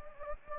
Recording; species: mosquito wingbeat signal from an infrared sensor; Anopheles gambiae